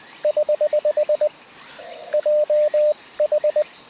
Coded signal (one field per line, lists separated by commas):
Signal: Morse code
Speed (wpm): 20 wpm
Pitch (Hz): 590 Hz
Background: radio noise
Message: <HH> JH